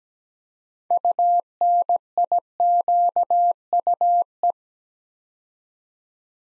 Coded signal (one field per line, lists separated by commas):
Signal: Morse code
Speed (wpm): 17 wpm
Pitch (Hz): 700 Hz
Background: none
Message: UNIQUE